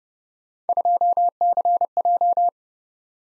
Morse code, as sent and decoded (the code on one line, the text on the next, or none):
..--- -.-. .---
2CJ